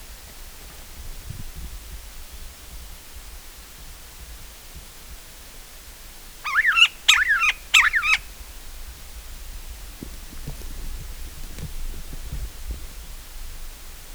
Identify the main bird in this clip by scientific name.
Perisoreus infaustus